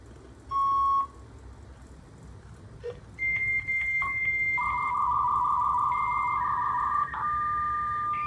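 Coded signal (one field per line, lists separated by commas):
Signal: fax machine handshake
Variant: V.34 33.6k fax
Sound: short high beep, then a steady higher answer tone with clicks, overlapping steady tones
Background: line hiss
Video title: 33.6k Fax Tone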